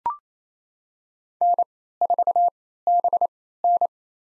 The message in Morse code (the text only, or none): N4BN